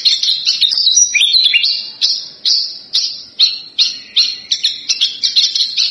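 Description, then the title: Javan bush lark singing in loud, ringing bursts of sharp high notes in quick succession, with slurred and downward notes mixed in. Bird singing vigorously and persistently; used as a lure. "PANCINGAN Suara BURUNG Branjangan Gacor"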